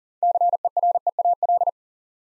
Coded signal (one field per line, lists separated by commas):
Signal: Morse code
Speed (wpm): 39 wpm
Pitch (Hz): 700 Hz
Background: none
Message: CEREAL